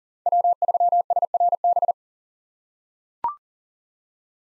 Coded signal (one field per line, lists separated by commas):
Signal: Morse code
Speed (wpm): 38 wpm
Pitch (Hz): 700 Hz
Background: none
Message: W3SRB